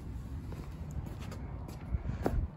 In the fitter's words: then to lock in place that little p in the corner simply push that until it clicks that's your parking brake and the car will lock so